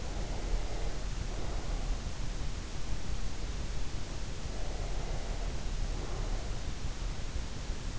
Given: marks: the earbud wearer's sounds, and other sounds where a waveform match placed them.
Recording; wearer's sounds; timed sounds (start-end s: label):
sounds in sleep by an in-ear microphone; breath
0.00-2.02 s: breath
4.59-6.67 s: breath